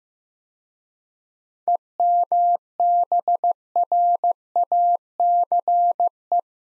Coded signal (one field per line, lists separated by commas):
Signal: Morse code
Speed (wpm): 15 wpm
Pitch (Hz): 700 Hz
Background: none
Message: EMBRACE